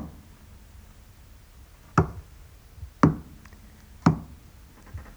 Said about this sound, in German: Man kann ihn noch analysieren mit dem Verstand, ah ja, das ist lang, kurz, kurz, aber man kann ihn nicht mehr mitatmen oder wirklich einsteigen. Man kann ihn, ich kann ihn auch so klatschen.